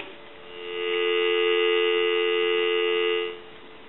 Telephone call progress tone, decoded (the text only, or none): dial tone